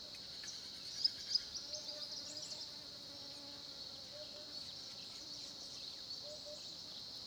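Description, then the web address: Cricket chorus, a continuous shrill high trill holding steady throughout, with a couple of sharp clicks near the start and a faint low hum beneath. Background ambience of crickets recorded at a small pond in the Olifants area of Kruger National Park, South Africa, at 10:30 am. "Tonschliff - SOUTH AFRICAN CRICKETS BG South Africa Kruger Olifants 1030 am small pond"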